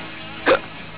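A single brief hiccup from an adult: a short burst of sound lasting about a tenth of a second.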